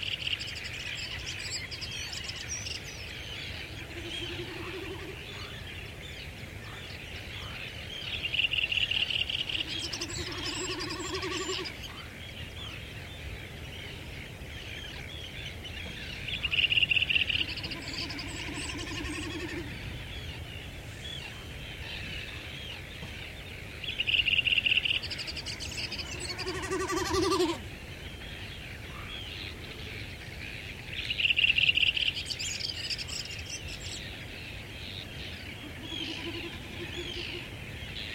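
Wild birds call outdoors, a bright trilling note returning about every seven or eight seconds over a steady low wind-like rumble.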